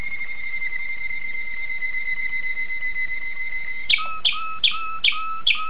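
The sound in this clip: Domestic canary song: a long, pure, level whistle followed by five sharp, repeated chip notes.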